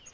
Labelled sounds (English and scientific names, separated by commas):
Black-throated Gray Warbler (Setophaga nigrescens) flight call